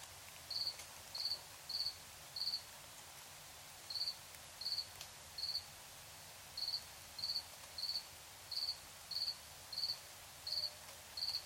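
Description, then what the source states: Cricket chirping in short high pulsed bursts, repeated about every two-thirds of a second with a couple of longer gaps, over steady background hiss. Crickets chirping at night in Tiny, Ontario.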